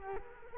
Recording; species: mosquito wingbeat signal from an infrared sensor; Culex quinquefasciatus